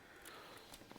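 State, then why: Not seated. A plastic Lego section of a 2006 Lego Star Destroyer model is handled and pushed back toward the hull, producing soft plastic rubbing and rustling with a brief louder tick at about 0.3 s. Nothing has seated or clicked into place yet.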